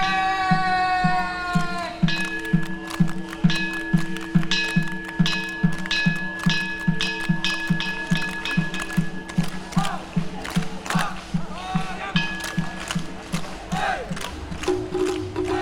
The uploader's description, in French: joueurs de shamisen grattant leur instrument au détour des ponts